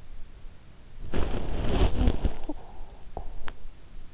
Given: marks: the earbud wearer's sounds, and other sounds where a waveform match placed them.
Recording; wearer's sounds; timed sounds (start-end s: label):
sounds in sleep by an in-ear microphone; body movement, talking in sleep
1.11-3.63 s: body movement
1.99-3.31 s: talking in sleep